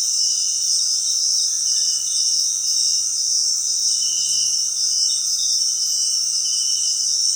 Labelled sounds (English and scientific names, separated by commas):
none